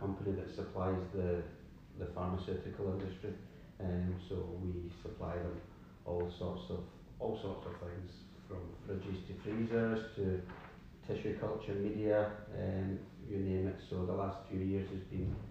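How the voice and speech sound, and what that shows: An adult man with a low voice speaks fluently about his work in a quiet small room, with steady rhythm and clear consonants. One phrase is repeated as an ordinary self-correction. His speech is ordinary, with no sign of a speech disorder.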